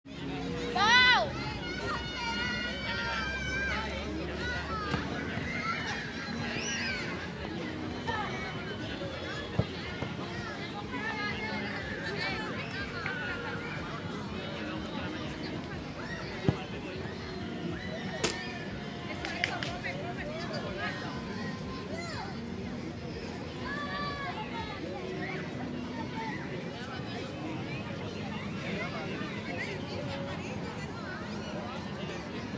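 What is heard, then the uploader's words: Children shout and call to each other while playing football outdoors, their voices a steady, overlapping chatter. A loud yell comes near the start, and sharp thuds, like a ball being kicked, land around ten, sixteen and eighteen seconds over faint low traffic rumble. I am sittting with him in the Parc Nou, El Prat de Llobregat, Barcelona, Spain. Kids are shouting and playing football in the background.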